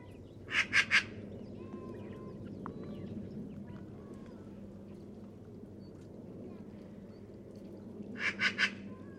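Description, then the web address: Bird giving rapid bursts of three sharp noisy notes, repeated once after a long gap of about seven seconds, with a constant low rumble behind. "cianscape birddata Deverinetal"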